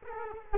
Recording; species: mosquito wingbeat signal from an infrared sensor; Culex quinquefasciatus